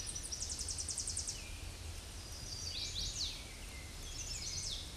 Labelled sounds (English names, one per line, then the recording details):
Chestnut-sided Warbler song
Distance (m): 40 m
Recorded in a Pennsylvania forest on 18 May 2023 at 06:40
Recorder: AudioMoth, point grid1_19_low
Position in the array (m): 139 m, 196 m